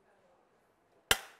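A lever on the lid of a plastic dry-food storage container is pulled back until its latch snaps into place. There is a faint low murmur, then a single sharp, bright snap at 1.1 s that rings briefly and fades. The latch is seated.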